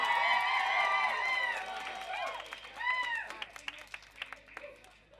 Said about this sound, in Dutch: Vandaag zijn ze hier. Mag ik alsjeblieft een luid applaus